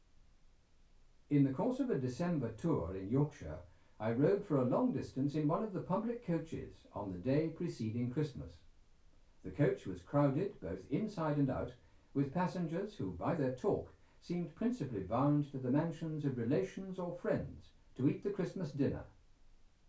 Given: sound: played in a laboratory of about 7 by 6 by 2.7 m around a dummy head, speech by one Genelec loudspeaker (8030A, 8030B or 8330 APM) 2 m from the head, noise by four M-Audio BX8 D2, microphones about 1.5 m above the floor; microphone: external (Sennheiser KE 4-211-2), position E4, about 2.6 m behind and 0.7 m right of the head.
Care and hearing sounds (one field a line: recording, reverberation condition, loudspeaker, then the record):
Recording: male speech in English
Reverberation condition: low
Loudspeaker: 150 degrees to the left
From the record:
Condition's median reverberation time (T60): about 310 ms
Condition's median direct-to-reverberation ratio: about 3.5 dB